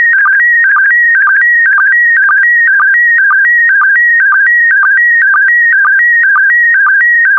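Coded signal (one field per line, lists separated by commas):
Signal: SSTV (slow-scan television)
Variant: PD120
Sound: warbling electronic tone alternating between two pitches, with short low clicks twice a second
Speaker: Get ready. Starting transmission in 5, 4, 3, 2, 1. Transmission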